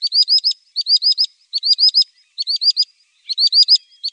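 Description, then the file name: Common sandpiper uttering piercing, high twittering notes in tight clusters of about four, each cluster following after a short gap. "Drillsnappa"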